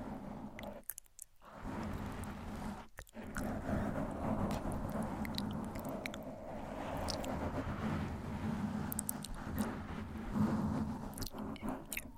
Gentle Mic Scratching & Soft Inaudible Whispering